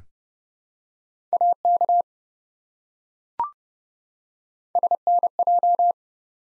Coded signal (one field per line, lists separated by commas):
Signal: Morse code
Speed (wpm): 31 wpm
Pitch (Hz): 700 Hz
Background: none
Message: AK SNJ